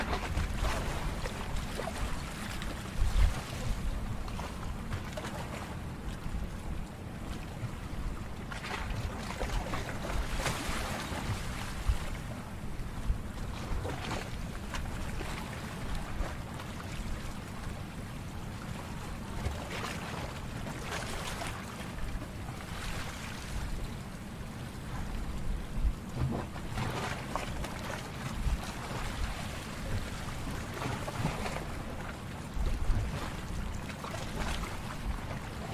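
Sea waves wash in steadily under a constant low rumble, with sharper splashes breaking through every few seconds, especially near 3, 11 and 33 seconds.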